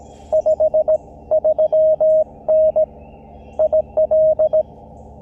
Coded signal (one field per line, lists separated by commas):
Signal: Morse code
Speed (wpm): 20 wpm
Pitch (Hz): 590 Hz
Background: radio noise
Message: 53N IL